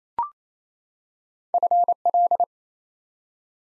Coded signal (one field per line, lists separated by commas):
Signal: Morse code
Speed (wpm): 29 wpm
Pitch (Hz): 700 Hz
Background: none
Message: FL